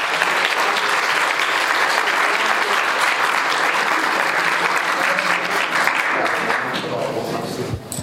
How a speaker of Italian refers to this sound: E la chiamata alla persona recita o legge la poesia, dopodiché partiranno poi gli applausi.